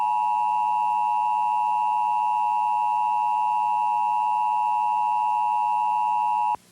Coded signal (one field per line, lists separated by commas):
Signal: Emergency Alert System (SAME) tones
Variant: 853 and 960 Hz attention tone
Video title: EAS Mock #37: Nuclear Terrorism.